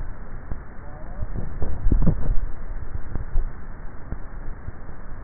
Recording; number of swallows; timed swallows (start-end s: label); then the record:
swallowing sounds by neck microphone; 1
1.75-2.42 s: swallow
From the record:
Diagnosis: dysphagia